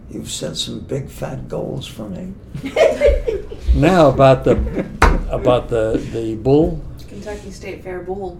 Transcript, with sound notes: You’ve set some big fat goals for me. [laughter]
Now, about the, about the bull?
Kentucky State Fair bull?